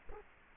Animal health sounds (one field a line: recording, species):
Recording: mosquito wingbeat signal from an infrared sensor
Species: Culex quinquefasciatus